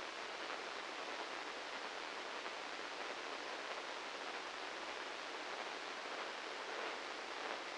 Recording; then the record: brain microelectrode recording played as sound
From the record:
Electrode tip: inside the subthalamic nucleus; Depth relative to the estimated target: -2 mm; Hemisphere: left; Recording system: NeuroSet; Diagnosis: Parkinson's disease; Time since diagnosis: 15 years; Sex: male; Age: 65 years